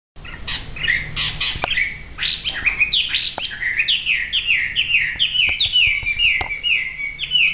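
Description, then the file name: Hwamei song: loud, rich whistled phrases, first varied sweeps, then a long run of repeated down-slurred notes. In full song. "audio hwamei gacor. omkicau"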